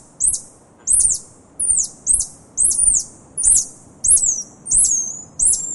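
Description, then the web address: Tarsier calls: very high, sharp downward-hooked chirps repeated roughly every two-thirds of a second, over faint low background hiss. "earth naturelibrary assets t ta tarsier"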